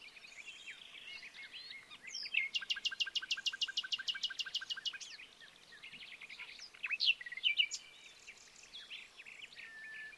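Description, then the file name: Common nightingale song: varied whistles lead into a long, fast series of loud repeated clicking notes, followed by a quieter pause and more varied warbled phrases. "Luscinia megarhynchos"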